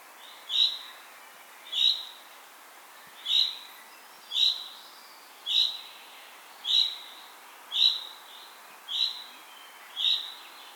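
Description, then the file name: Common chaffinch repeating a brief, clear, upward-inflected call roughly once a second, nine notes in a steady series, with soft ambient hiss behind. "Fringilla coelebs"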